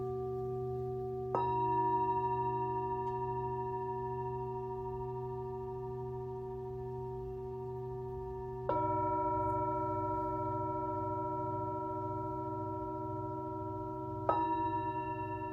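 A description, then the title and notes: A Tibetan singing bowl rings with a sustained, shimmering tone layered over a low steady hum. It is struck three times, near 1.5, 9 and 14 seconds, each strike adding a bright ping that slowly fades while the ringing carries on. The sound is clear. Tibetan Singiing Bowl.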